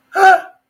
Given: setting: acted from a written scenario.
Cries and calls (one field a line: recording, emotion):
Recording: vocal sound without words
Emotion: negative surprise